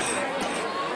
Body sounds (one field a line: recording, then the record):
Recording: coughing mixed with background sound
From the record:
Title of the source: 31 night wet cough